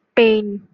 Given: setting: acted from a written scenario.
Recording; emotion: vocal sound without words; pain